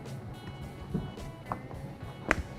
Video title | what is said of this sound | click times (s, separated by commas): 2021+ Ford Ranger Katzkin Leather Installation PART 3 - Back Seat | hear that snap you're good that one went in good | 2.3 s